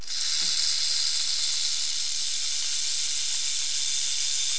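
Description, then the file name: Rattlesnake rattle, a steady, unbroken high hissing buzz that holds at an even loudness throughout. "Suoni Rattlesnake"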